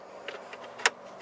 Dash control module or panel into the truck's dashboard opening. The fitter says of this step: just pops right in now